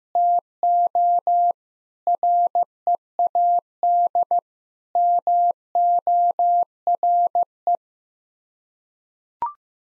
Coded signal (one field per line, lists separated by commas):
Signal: Morse code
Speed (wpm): 16 wpm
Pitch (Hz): 700 Hz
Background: none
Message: TO READ MORE